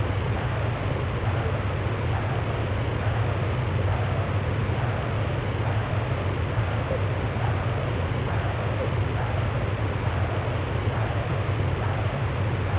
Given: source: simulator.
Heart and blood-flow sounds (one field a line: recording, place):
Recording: transcranial Doppler ultrasound of blood flow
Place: posterior cerebral artery (PCA)